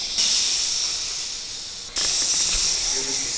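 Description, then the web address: Rattlesnake rattle, a continuous dry high buzzing hiss that weakens gradually, then resumes steadily after a sharp jump in loudness. "Park Sounds Kids Rattlesnake"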